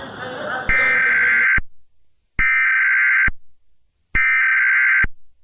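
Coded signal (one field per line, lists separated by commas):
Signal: Emergency Alert System (SAME) tones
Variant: header bursts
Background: speech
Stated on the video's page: Fictional scenario alert, simulated rather than real.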